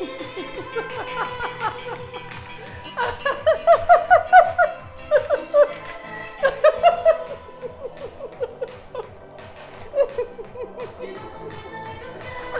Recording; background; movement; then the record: laughter; music; walking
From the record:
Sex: female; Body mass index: 21.8 kg/m2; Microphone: on the chest, facing outward